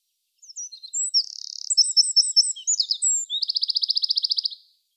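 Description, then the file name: Eurasian wren song: one loud, rapid high-pitched burst of varied twittering notes and a buzzy trill, ending in a fast rattling trill, lasting about four seconds. "Troglodytes troglodytes"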